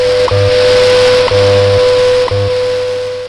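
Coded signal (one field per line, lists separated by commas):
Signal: radio time signal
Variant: WWV/WWVH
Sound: steady mid-pitched tone with a short tick each second, low hum pulses underneath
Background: radio static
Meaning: Each tick marks one second; the low pulses carry the time code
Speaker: both listening to and viewing 15 MHz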